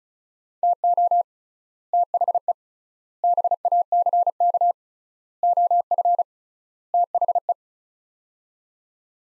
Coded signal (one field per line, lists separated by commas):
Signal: Morse code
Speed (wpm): 34 wpm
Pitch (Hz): 700 Hz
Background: none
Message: TO THE BACK OF THE